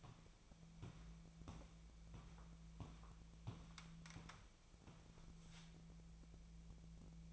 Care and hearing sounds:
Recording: daily activity, microphone in the room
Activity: walk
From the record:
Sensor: 1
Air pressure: 1012.2 hPa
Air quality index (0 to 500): 177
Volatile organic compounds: 3 ppm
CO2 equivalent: 1451 ppm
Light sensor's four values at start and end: 49/133/54/67 and 48/132/53/66

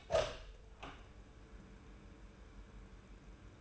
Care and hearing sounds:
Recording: daily activity, microphone in the room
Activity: open door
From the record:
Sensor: 2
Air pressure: 1015.0 hPa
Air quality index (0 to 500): 129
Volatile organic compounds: 4 ppm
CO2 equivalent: 1650 ppm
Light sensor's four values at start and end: 13/35/14/15 and 13/35/14/15

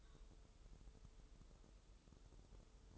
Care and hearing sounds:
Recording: daily activity, microphone in the room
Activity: take from stove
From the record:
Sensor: 3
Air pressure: 988.3 hPa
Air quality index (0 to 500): 189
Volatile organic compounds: 248 ppm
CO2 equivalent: 4356 ppm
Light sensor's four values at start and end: 24/75/31/27 and 24/75/31/27

